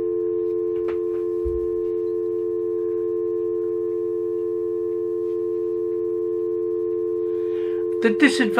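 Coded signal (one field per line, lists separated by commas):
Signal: telephone call progress tone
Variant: North America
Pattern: dial tone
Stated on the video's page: Home landline tone after the phone provider switched the line to digital.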